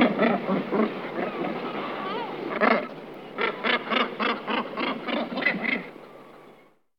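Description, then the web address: Northern gannets calling: many harsh, rasping grunts overlapping in rapid rhythmic bursts over a steady dense roar, fading out at the end. "All the bird songs of Britain and Europe. Sula bassana"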